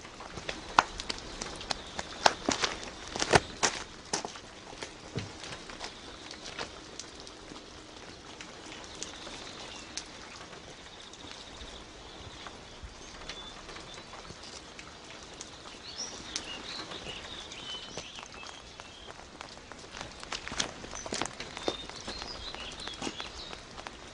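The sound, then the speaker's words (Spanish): Footsteps of someone walking home through steady rain, irregular crunching steps standing out more sharply in the first few seconds, then settling under a constant wet hiss that lasts throughout. “caminando bajo la lluvia.”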